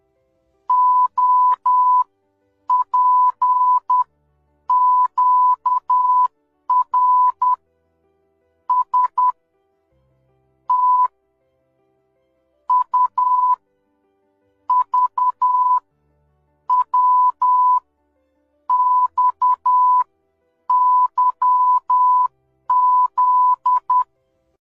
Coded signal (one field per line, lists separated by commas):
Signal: Morse code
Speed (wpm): 10 wpm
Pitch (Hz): 1000 Hz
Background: none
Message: OPQRSTUVWXYZ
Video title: آموزش کد #مورس در ۵٠ ثانیه 🤯 Learn #Morse Code in 50 Seconds